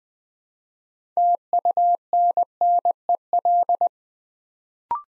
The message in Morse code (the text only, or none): TUNNEL